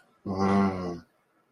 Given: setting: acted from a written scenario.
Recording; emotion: vocal sound without words; desire